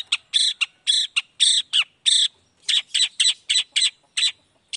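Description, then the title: Long-tailed shrike giving a series of harsh, squawking notes, some with a sliding downward tail. Indonesian cendet heard in the morning, singing chattily ('gacor') with a 'toet toet' variation; the song is used to provoke other shrikes into responding quickly. "Langsung NYAUTTTTT ! Cendet Gacor Dor Di Kala Pagi Toet Toet Variasi Suara J. Cendet Gacor Langsung Nyaut Emosi Hanya dengan Sekali Putar Bikin Cendet Lainya Cepat Respon Bunyi"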